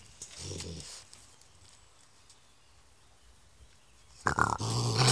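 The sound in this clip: Raccoon growling: a short low grumbling growl near the start, quiet pause, then a loud harsh raspy snarl building at the end.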